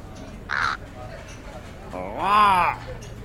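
A crow in Marseille caws twice: a short, raspy call, then after a pause a longer, louder, harsher caw that rises and falls in pitch, over a low steady background hum.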